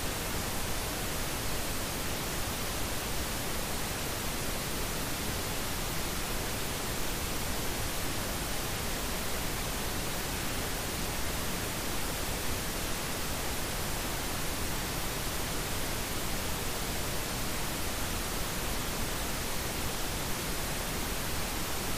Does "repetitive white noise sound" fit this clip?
yes